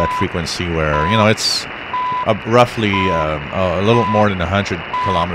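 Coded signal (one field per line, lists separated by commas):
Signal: radio time signal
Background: speech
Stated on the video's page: Morse and time signals heard while tuning 3000–4000 kHz shortwave on an SDR receiver.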